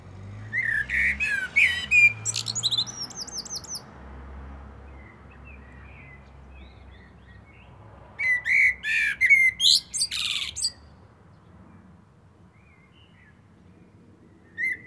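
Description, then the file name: Common blackbird song phrases of rich whistles ending in high squeaky twitters, repeated after a pause. "Turdus merula"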